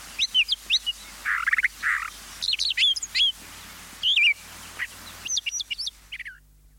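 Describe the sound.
Brown thrasher song with paired chirpy notes, a couple of burry low phrases, and sharp whistled figures, delivered in short bursts with brief gaps.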